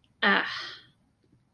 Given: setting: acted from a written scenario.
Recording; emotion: vocal sound without words; neutral